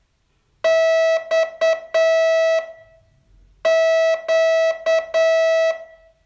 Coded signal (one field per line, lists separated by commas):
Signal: Morse code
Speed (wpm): 9 wpm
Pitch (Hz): 650 Hz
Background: none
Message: X Q